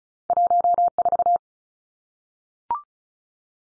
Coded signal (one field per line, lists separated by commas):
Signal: Morse code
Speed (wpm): 36 wpm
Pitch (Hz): 700 Hz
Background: none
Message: 1 4